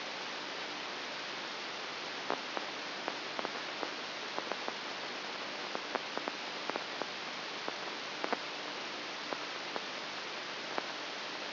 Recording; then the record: brain microelectrode recording played as sound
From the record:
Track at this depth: outside the subthalamic nucleus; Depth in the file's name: 8.001 mm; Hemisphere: right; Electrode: 3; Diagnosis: Parkinson's disease